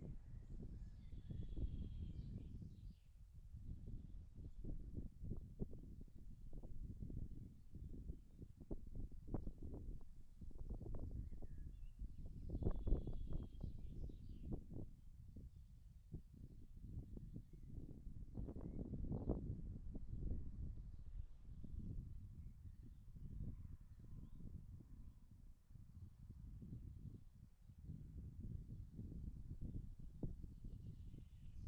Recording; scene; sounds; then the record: everyday scene through a hearing-aid microphone; wind on the microphone; wind, birds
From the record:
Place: in front of a rural house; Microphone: behind the ear, left, front